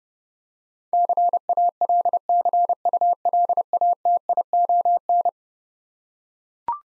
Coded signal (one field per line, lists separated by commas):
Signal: Morse code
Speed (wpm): 30 wpm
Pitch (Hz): 700 Hz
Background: none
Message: CALCULATION